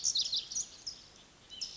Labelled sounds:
White-breasted Nuthatch
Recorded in Sonoma County, California

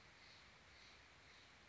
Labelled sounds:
Steller's Jay
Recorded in Sonoma County, California

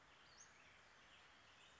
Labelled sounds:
Western Flycatcher
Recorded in Sonoma County, California

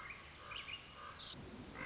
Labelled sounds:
Common Raven
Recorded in Sonoma County, California

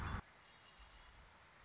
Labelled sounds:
Red-winged Blackbird
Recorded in Sonoma County, California

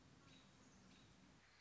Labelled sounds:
American Robin
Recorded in Sonoma County, California

